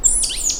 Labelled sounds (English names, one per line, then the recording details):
Stitchbird song
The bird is a male
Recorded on Tiritiri Matangi Island, New Zealand, in 2005
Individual 1, of nest box 1